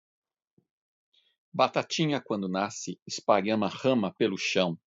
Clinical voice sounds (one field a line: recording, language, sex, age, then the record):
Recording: short text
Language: Brazilian Portuguese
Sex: male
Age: 50 to 59 years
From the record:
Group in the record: control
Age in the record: 50 years